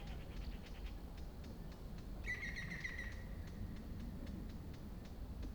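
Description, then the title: Bird giving a single clear whistled note lasting under a second midway, over a steady low rumble. Sparse birdsong on a calm morning in a meadow near a farm. "GameAudioGDC. Ambience. Morning, calm. Meadow near a farm. Sparse birdsong"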